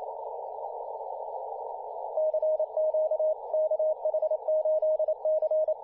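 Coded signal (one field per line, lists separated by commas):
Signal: Morse code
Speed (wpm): 27 wpm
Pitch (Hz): 620 Hz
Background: radio noise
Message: CQ KH8C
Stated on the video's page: Morse code on 15m, recorded by another station.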